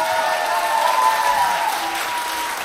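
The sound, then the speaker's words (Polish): Steady applause from an audience, a dense wash of clapping that holds at an even level for a few seconds, with faint cheering tones drifting through it. “Ale myślę, że jak usłyszymy brawa, to zejdzie do 5.”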